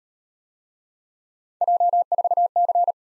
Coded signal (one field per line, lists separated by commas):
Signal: Morse code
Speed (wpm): 35 wpm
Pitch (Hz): 700 Hz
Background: none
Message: J4C